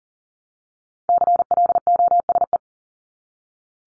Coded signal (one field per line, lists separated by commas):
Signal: Morse code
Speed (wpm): 40 wpm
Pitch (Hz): 700 Hz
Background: none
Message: CLOSE